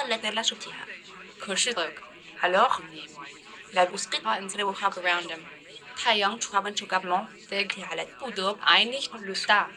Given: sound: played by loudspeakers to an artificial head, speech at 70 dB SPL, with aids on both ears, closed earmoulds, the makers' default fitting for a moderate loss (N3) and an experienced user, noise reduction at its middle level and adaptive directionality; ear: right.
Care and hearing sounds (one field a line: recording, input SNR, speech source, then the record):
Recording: speech test signal (ISTS) in cocktail-party noise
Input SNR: +6 dB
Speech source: on the right (90 degrees)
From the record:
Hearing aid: class 2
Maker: E